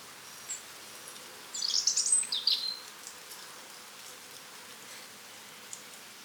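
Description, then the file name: European robin singing one short phrase of very high, tinkling, tumbling notes lasting about a second, otherwise quiet with faint hiss. "Erithacus rubecula"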